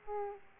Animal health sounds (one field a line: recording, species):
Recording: mosquito wingbeat signal from an infrared sensor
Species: Aedes aegypti